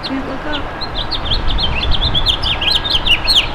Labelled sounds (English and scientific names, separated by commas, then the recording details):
House Finch (Haemorhous mexicanus) song
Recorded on Long Island, New York, on 11 June 2012
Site HB
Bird D